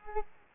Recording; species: mosquito wingbeat signal from an infrared sensor; Culex quinquefasciatus